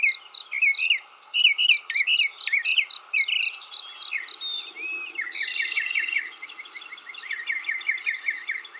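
Mockingbird song of repeated warbled slurs followed by a fast high rattle and chattering notes, phrases shifting in quick succession.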